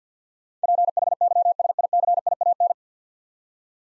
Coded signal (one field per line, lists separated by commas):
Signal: Morse code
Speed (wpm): 50 wpm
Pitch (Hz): 700 Hz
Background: none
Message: PHYSICIAN